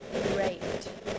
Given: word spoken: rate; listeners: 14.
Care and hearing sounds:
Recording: one English word in noise, from a listening test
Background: noise modulated by three-talker babble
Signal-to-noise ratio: -3.4 dB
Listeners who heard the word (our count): 2 of 14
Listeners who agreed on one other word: 9 of 14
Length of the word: 0.79 s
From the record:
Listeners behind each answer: 9, 2, 1, 1, 1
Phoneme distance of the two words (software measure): 7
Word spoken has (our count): 1 syllable, 3 phonemes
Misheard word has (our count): 1 syllable, 4 phonemes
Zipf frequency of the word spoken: 4.85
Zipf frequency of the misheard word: 6.00

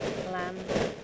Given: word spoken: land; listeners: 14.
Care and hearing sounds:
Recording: one English word in noise, from a listening test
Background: noise modulated by three-talker babble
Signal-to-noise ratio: -4.6 dB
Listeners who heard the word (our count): 3 of 14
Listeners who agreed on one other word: 7 of 14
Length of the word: 0.64 s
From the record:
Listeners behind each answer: 7, 3, 1, 1, 1, 1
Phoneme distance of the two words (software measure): 14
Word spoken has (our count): 1 syllable, 4 phonemes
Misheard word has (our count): 1 syllable, 4 phonemes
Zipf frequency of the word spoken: 5.18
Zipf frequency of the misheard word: 5.20

